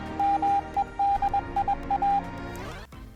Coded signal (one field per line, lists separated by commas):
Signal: Morse code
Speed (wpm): 21 wpm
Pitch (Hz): 800 Hz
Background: music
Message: MEDIA